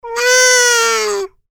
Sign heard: Baby crying.